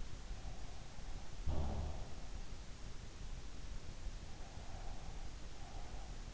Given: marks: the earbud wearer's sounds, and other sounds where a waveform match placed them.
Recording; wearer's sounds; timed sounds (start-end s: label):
sounds in sleep by an in-ear microphone; breath
0.27-2.48 s: breath
4.23-6.34 s: breath